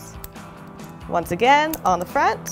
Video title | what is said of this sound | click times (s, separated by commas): Bearings 101: Removal and Installation | it into the hub until it snaps once | 0.2 s